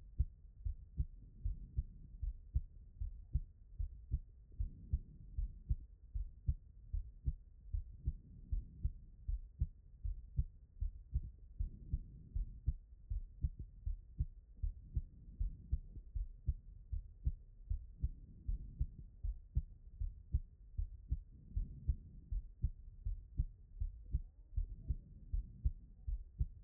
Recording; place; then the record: heart sounds by stethoscope; pulmonary valve (PV)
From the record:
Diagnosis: non-HFrEF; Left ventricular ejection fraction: 64%